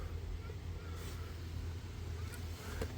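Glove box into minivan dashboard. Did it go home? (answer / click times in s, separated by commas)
no / none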